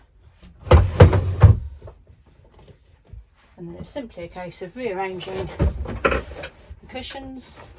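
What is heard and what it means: A bed side panel is pulled out from a campervan seat base while the dining area is converted into a bed, and it clicks into its extended position at 0.7 s. Further sharp knocks follow at about 1.0 s and 1.4 s, then someone talks about rearranging the cushions to fill the gaps.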